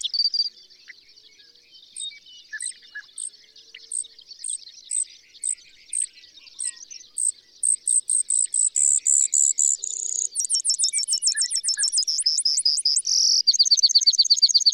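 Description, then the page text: Brewer's sparrow pouring out a canary-like run of high chips, dense buzzy trills and fast repeated notes, quiet at first then growing louder and more rapid. Energized dawn singing: continuous canary-like song ramble sweeping down the scale, alternating with long series of high, buzzy, insectlike trills and zeeet calls; May 27, 2006, Pawnee National Grassland, Colorado. "Birdsong for the Curious Naturalist. Brewer's sparrow"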